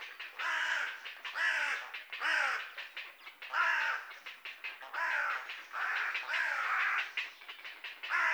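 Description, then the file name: Carrion crow cawing: a series of loud, harsh caws. "Corvus corone"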